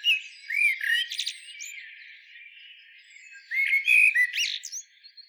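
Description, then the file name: Eurasian blackbird singing a mellow whistled phrase that breaks into scratchy high notes, a quiet pause, then a second warbling phrase near four seconds. "Turdus merula"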